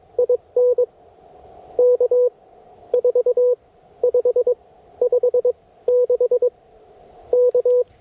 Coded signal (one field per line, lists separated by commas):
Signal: Morse code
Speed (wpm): 22 wpm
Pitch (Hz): 490 Hz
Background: none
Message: IN K 4 5 5 6 K